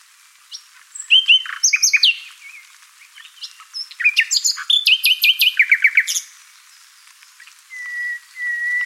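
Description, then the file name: Common nightingale pouring out quick trills and chirped notes, then two steady, level whistles after a pause. "Luscinia megarhynchos"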